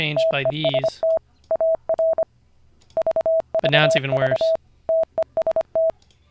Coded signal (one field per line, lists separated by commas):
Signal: Morse code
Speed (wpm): 25 wpm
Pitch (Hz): 650 Hz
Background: speech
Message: TEST AR VVV TEST